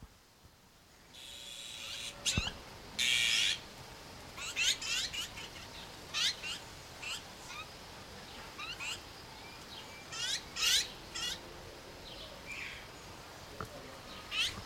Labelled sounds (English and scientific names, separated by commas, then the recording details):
Azure-winged Magpie (Cyanopica cyanus) call
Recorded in captivity
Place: Zoo Berlin, Berlin, DE
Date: 1992-06-06 11:56
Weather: sonnig, 24-28°C
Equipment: Nagra SN, Mikrofon AKG CK 8, Kopie Tesla B 116
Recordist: Tembrock, Günter
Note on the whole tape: Lautfolgen, ca. 1 min